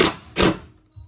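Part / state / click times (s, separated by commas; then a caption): screw holding bumper trim to the car's front end / stripped / none. A rusty screw holding the bumper trim to the front end of a Subaru Justy is turned with a driver during front bumper and trim removal, and its head strips out. Two broad, scraping bursts of grinding noise are heard near the start and around 0.4 seconds, then fade to near silence. No distinct click or hit occurs, and the screw head is stripped rather than loosened.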